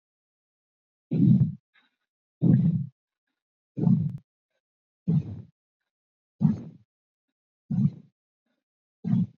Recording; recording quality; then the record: shallow breathing; excellent, no background noise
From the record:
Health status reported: COVID-19 positive, mild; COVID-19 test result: positive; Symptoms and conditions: cough, cold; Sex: male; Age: 26 years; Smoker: not ticked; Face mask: not worn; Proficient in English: yes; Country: India